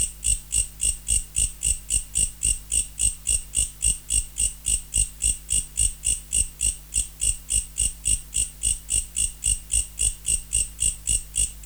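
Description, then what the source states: Mecopoda katydid song: a steady stream of sharp, high buzzy ticks, about three and a half per second, with a low hum beneath. Recorded in November.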